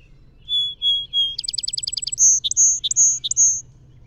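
Song Sparrow song opening with three clear whistled notes, then a rapid stuttering trill and a closing run of buzzy, slurred notes; faint low hum beneath.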